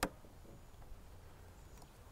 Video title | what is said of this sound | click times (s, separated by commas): Chapter 4 Installing the Loop Electricity Transmitter | and clip it around the cable and close it until it clicks | 0.0 s